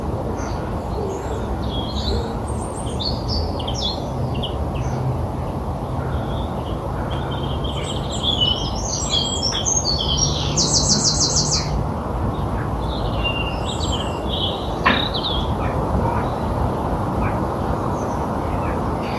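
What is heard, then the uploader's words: Birdsong rings out over a constant low rumble, with many short high chirps and trills scattered throughout. The calls grow busier from about eight to thirteen seconds, including a rapid buzzing trill near eleven seconds, and a sharp click sounds around fifteen seconds. A birdsong soundscape.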